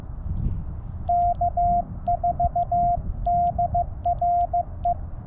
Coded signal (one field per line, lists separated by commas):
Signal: Morse code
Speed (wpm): 15 wpm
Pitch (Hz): 700 Hz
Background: none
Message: K4DRE